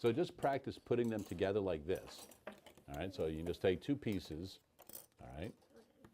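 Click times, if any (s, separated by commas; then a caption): none. Someone talks while two plastic geometry math pieces, one polygon piece meant to fit into another polygon piece, are picked up and handled before being pushed together. Nothing has snapped or seated yet, and the clip ends with only a faint tick near the end.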